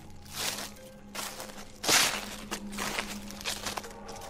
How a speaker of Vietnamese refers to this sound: Chỉ có điều là thần trí của nó lúc này đang mơ hồ, như là sắp mất đi sự khống chế, chỉ còn mơ hồ nghe tiếng bước chân sột soạt.